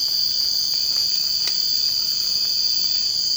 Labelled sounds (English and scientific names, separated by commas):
none